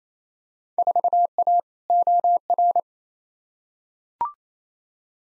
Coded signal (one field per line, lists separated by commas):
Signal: Morse code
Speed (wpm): 28 wpm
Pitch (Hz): 700 Hz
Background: none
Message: 4A OR